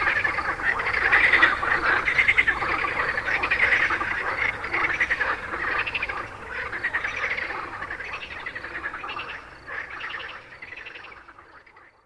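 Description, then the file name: Frogs croaking in a thick chorus of rattling pulsed calls that gradually fades away toward the end. "grenouilles"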